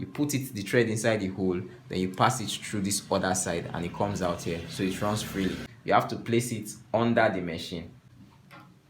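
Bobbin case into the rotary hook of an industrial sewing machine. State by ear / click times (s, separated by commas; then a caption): not seated / none. A threaded bobbin case (shuttle) for the rotary hook of an industrial sewing machine is handled while someone talks throughout. The thread goes through the hole and out the other side, and the case is about to be placed under the machine. Nothing has seated or clicked yet.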